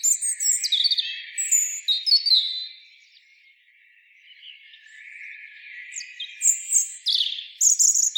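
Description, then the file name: European robin singing high, varied phrases of thin whistles and quick trills, a near-silent gap mid-way, then another burst of sharp, sweet notes. "Erithacus rubecula"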